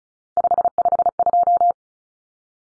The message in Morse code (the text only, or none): 552